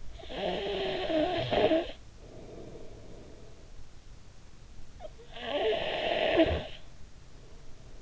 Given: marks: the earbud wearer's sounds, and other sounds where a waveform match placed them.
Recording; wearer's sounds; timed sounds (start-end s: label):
sounds in sleep by an in-ear microphone; snoring breath
0.01-3.67 s: snoring breath
5.00-8.02 s: snoring breath